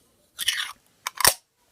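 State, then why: Seated. The metal battery door of a Chronic Drippers mechanical series box mod is slid onto the box body until its neodymium magnets pull it home. A scraping slide from about 0.4 to 0.7 s leads to a sharp snap at 1.1 s, followed by a louder rattling settle around 1.3 s. The door is seated and held secure by the magnets, though it keeps a little play.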